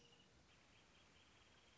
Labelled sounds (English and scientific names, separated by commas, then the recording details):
Wrentit (Chamaea fasciata)
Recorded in Sonoma County, California